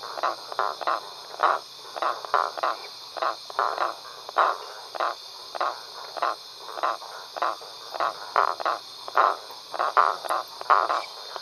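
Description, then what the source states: Frogs calling in short, rhythmic pulsed bursts, about two to three each second and overlapping, over a steady hiss. Several frogs calling at a pond at night.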